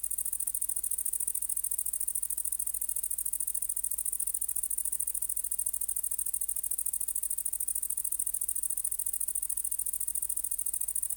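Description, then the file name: Great green bush-cricket song: a very high, hissing buzz of rapid pulses running without pause throughout, over a faint steady low hum. "Tettigonia viridissima"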